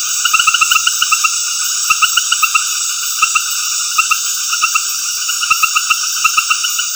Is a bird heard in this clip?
no